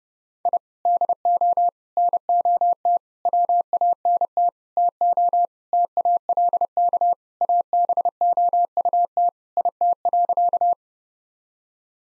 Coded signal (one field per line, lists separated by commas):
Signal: Morse code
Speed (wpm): 30 wpm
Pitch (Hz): 700 Hz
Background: none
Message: I DO NOT WANT TO TALK ABOUT IT.